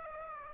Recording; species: mosquito wingbeat signal from an infrared sensor; Aedes aegypti